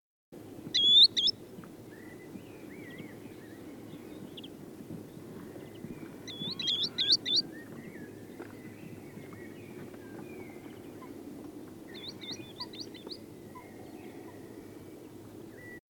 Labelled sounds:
Green Sandpiper call
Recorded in the wild
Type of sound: call
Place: Groß Nemerow, Mecklenburg-Vorpommern, DE
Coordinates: 53.448, 13.219
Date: 1980-05-03
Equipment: Nagra III BH, Sennheiser MD 21, parabola
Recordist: Schubert, Michael
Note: Rufe Waldwasserläufer

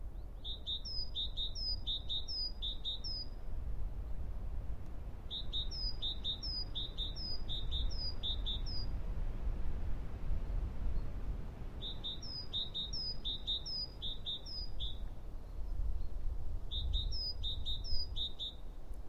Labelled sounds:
Great Tit song
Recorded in the wild
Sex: male
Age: adult
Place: Bernau bei Berlin, Barnim, Brandenburg, DE
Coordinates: 52.6947, 13.5247
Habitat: Poplar forest
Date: 2012-02-26 14:25
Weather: 8°C, clear, moderate winds from N
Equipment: Sound Devices 702, Sennheiser MKH 415 T, Rhode Windschutz
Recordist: Frommolt, Karl-Heinz
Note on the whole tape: Ehemalige Rieselfläche bei Bernau: Gesang einer Kohlmeise. Entfernung ca. 20 m

